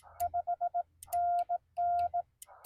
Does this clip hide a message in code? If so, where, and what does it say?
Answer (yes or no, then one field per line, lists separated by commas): yes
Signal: Morse code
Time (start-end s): 0.2-2.2 s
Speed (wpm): 15 wpm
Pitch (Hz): 690 Hz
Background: none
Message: 5NN